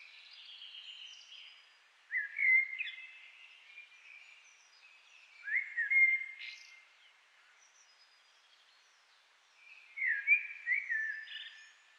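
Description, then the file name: Common blackbird song: a few melodious whistled phrases spaced several seconds apart, against faint background hiss. "Turdus merula"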